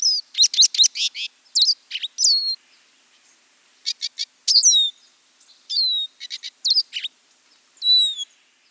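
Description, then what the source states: Lesser Goldfinch song: a fast jumble of high chattering trills, buzzy bursts and thin descending whistled notes, broken by short pauses. Long and jumbled song with call notes put into it.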